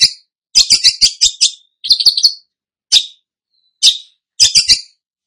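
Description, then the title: Long-tailed Shrike song: high, harsh chattering notes in quick clusters broken by short pauses, with nothing else audible. Described as gacor, meaning singing vigorously and continuously. "Cendet Gacor"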